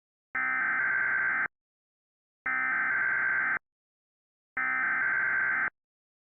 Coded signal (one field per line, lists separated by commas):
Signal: Emergency Alert System (SAME) tones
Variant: header bursts